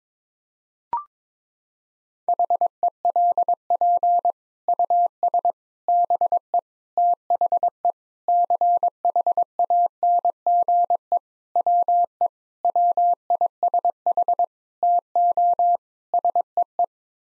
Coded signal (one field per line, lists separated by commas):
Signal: Morse code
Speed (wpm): 22 wpm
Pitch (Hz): 700 Hz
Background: none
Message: HELP US BE THE CHANGE WE WISH TO SEE